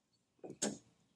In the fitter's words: if you heard that click that was 40 foot pounds listen for it again